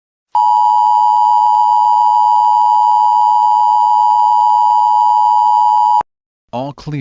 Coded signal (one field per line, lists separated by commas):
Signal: Emergency Alert System (SAME) tones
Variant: 853 and 960 Hz attention tone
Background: speech